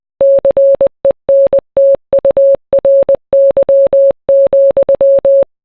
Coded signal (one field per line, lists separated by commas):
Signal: Morse code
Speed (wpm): 20 wpm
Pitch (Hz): 550 Hz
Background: none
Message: CENTURY,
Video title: Kanye West - Power (MORSE CODE VERSION)